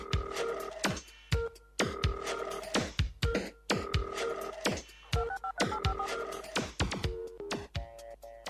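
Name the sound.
telephone dialing tones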